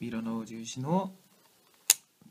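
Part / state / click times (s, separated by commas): laptop DDR3 memory module into motherboard SO-DIMM slot / seated / 1.9 s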